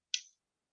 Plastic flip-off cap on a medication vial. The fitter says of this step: and my next step is going to be to uncap each of the vials and i'll heal her a little snap